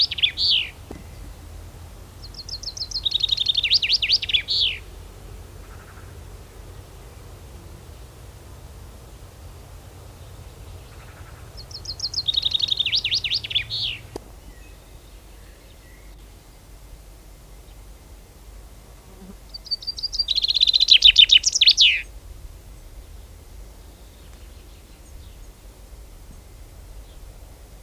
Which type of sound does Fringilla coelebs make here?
song